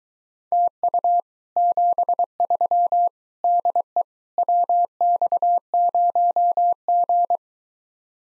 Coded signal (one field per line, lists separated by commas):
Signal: Morse code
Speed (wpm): 22 wpm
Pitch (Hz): 700 Hz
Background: none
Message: TU 73 DE WX0G